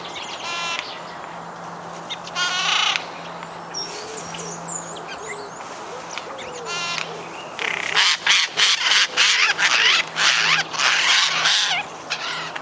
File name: Garrulus glandarius